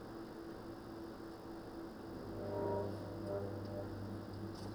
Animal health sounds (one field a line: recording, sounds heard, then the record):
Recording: poultry house recording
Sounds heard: no chicken sound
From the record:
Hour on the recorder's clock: 21